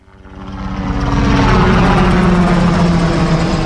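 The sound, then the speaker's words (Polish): A military Sokół helicopter, flown in to cover for the Tatra volunteer mountain rescue service (TOPR), swells up quickly into a loud, steady engine and rotor roar, with a low rhythmic rotor thump and a high turbine whine running throughout. “Przyleciał już śmigłowiec wojskowy, Sokół, taki typ, jaki my używamy.”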